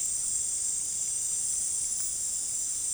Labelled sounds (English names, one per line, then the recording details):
none
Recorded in dense forest near Puerto Asís, Putumayo, Colombia, on 23 June 2025 at 18:30
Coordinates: 0.503, -76.323
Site G059